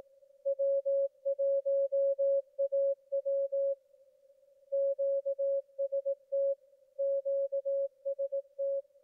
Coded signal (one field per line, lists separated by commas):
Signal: Morse code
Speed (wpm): 18 wpm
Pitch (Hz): 550 Hz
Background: none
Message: W1AW QST QST